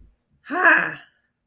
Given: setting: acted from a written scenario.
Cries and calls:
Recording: vocal sound without words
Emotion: contempt

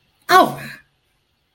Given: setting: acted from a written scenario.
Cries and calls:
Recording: vocal sound without words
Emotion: pain

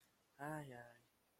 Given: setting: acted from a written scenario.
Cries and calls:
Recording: vocal sound without words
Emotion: romantic love

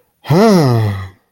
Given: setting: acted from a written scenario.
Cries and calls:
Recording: vocal sound without words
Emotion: serenity

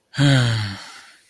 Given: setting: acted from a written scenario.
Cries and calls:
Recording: vocal sound without words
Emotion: sympathy

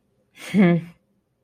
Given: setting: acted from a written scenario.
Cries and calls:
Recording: vocal sound without words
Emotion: contempt

